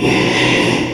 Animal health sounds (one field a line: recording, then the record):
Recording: squeal of a Yucatan mini pig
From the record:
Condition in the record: after surgery on the right vocal fold (resection and tissue-engineered implant)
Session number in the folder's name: 1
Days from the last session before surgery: 6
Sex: male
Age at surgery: 12 weeks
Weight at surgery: 13 kg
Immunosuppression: cyclosporine, prednisolone